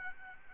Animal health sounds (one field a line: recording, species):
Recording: mosquito wingbeat signal from an infrared sensor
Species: Aedes albopictus